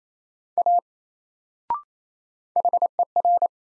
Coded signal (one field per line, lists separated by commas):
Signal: Morse code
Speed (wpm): 27 wpm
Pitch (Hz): 700 Hz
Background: none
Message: A HER